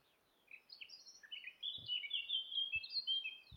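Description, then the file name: Eurasian blackcap song: a fast, varied warble of high chirps and slurred notes that builds in loudness and runs on for about three seconds, with a few low thumps. "Sylvia atricapilla"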